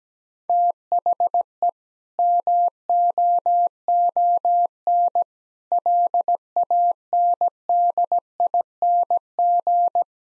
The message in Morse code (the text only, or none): THE MOON LANDING